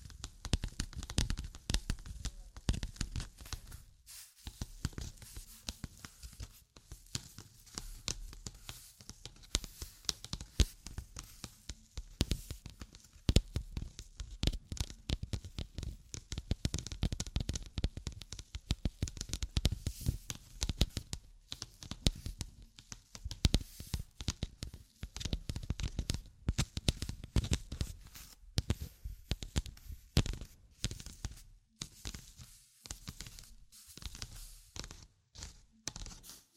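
Dense tapping and scratching with rapid, irregular clicks and brief rustling bursts, continuing throughout with short quiet gaps near 4 and 21 seconds.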